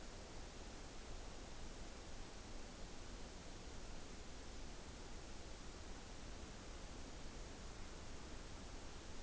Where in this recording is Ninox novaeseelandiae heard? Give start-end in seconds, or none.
none